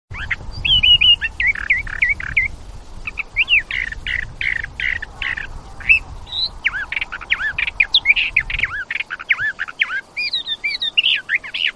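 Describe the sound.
Bird song, a rich, varied stream of chirps, warbled whistles and rising and falling notes, with a low rumble under the first part.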